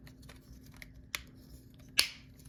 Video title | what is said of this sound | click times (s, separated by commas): Transformers Studio Series Gamer Edition Voyager Class MEGATRON Review | There we go. You heard the click. That was a pretty loud, satisfying click. | 2.0 s